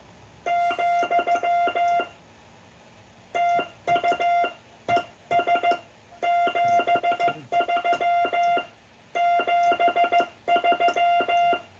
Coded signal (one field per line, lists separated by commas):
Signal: Morse code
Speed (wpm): 14 wpm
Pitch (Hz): 690 Hz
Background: none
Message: , TUES 73 73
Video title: The fith COOL CW Practice aired on the 26th September 2024